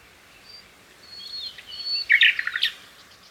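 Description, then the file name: Common nightingale song: soft drawn-out whistles followed by a brief burst of loud chattering notes. "Luscinia megarhynchos"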